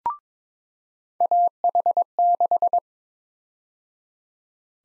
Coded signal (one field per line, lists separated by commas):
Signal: Morse code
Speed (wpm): 22 wpm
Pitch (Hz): 700 Hz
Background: none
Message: AH6